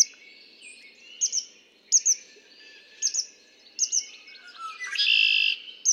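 Red-winged blackbird song, a raspy buzzing trill near the end after several paired high chips.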